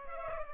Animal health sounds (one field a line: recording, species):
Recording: mosquito wingbeat signal from an infrared sensor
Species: Culex pipiens